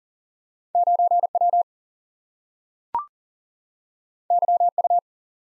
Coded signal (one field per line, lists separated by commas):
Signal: Morse code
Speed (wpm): 40 wpm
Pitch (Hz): 700 Hz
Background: none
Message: 9W YU